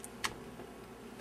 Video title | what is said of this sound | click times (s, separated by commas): Kaizoku Sentai Gokaiger Mobirates Review | have the phone out and then it locks into place a lot better there so you don't just | 0.2 s